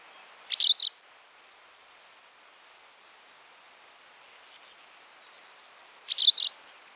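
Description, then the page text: White wagtail uttering two quick bright chirps separated by a long pause. "Белая трясогузка"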